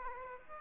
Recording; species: mosquito wingbeat signal from an infrared sensor; Aedes aegypti